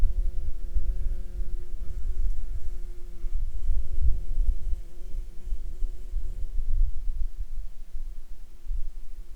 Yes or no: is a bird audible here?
no